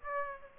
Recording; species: mosquito wingbeat signal from an infrared sensor; Aedes aegypti